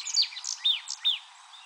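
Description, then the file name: Marsh tit giving a few short, high notes in quick succession, some slurring downward, over a soft background hiss. "Poecile palustris"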